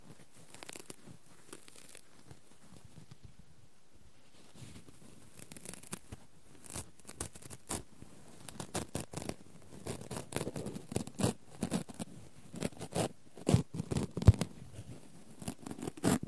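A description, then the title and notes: Cotton and tweezers make soft, crinkly rustling and scratching, with dense clusters of sharp little clicks and snaps. It starts sparse and quiet, then grows busier and louder from about six seconds on, with the strongest crackling bursts near fourteen seconds. ASMR No Talking Extreme Cotton and Tweezers Tingles!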